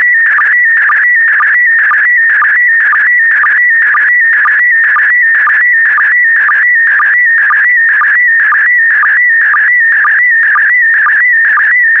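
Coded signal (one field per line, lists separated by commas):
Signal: SSTV (slow-scan television)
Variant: PD120 mode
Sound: warbling whistle-like tone with steady ticking sync pulses about twice a second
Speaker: the next image transmission will start in 10 seconds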